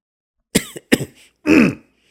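A voice imitates a cough, clearing the throat with a few short, sharp bursts and then a longer, pitched, voiced grunt, all on its own with no talking.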